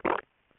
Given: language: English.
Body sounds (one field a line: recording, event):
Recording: throat vibration sensor signal played as sound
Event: swallow